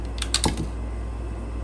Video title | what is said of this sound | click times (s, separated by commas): Perfecting Kydex Retention!!! | pops off really nicely | 0.3 s